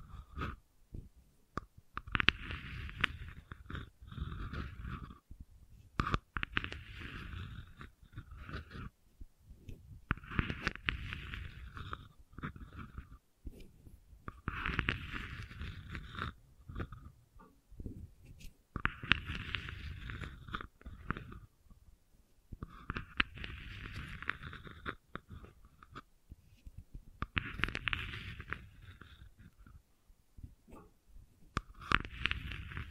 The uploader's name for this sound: ASMR Gentle Scratching